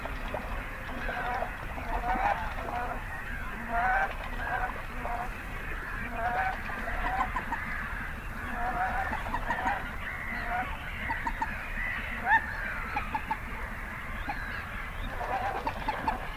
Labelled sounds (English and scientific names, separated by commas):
Common Moorhen (Gallinula chloropus) call